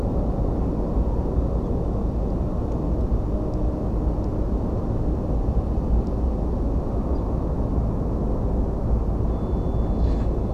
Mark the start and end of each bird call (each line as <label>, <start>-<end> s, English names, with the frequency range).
Ortolan Bunting (3.3-5.3 kHz), 7.12-7.23 s